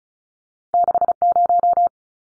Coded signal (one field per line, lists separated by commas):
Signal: Morse code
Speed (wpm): 34 wpm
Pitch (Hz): 700 Hz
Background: none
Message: 60